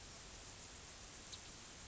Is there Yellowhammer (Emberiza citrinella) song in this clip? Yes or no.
no